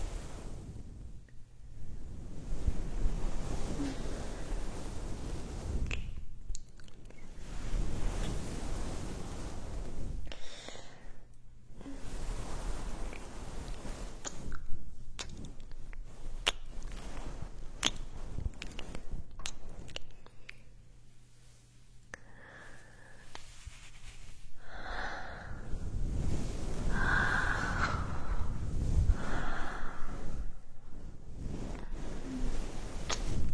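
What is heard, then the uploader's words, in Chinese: Ear massage: muffled, rushing rubbing with a deep rumble that swells and fades irregularly, broken by brief scratchy strokes. Things quiet down around 20 to 24 seconds, then the rubbing returns louder, with squeaky, whistling tones near 25 to 30 seconds. 按摩耳朵刺激大脑。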